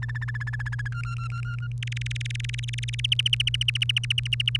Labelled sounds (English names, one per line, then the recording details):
Domestic Canary song
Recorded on 1 May 2018 at 05:44
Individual llb3